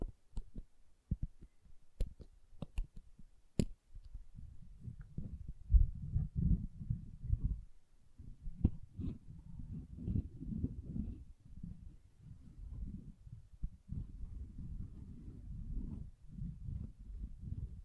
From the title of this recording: SoftHard Soap Tapping and Carving